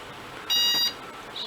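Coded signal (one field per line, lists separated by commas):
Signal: beep code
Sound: a single short electronic beep with a click near its end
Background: quiet room noise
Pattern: 1 beep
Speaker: Save a little bit of power.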